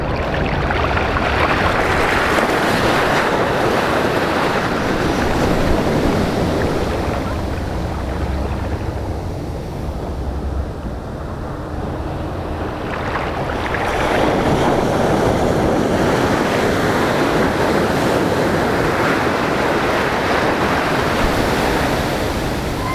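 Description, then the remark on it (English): Steady roar of ocean surf with broad, hissing wash, swelling loud, easing into a softer lull mid-way, then surging back up as another wave breaks, with wind buffeting underneath. “I love the ocean.”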